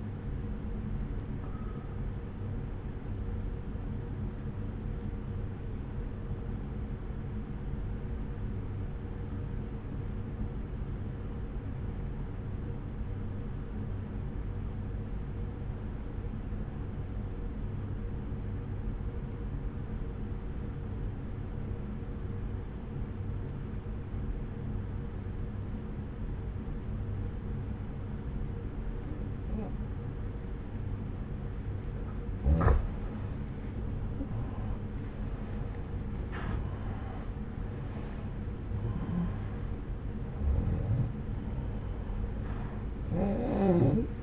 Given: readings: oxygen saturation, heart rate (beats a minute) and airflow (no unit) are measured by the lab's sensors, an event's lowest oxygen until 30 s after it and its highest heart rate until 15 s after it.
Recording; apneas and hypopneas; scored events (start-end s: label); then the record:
breathing in sleep by a smartphone at the bedside; 1
3.00-31.00 s: obstructive apnea (N1, oxygen 95% highest, then 87% lowest)
From the record:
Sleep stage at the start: N1 (lightest sleep); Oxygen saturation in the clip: 88 to 95%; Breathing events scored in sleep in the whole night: 303 in 8.1 hours asleep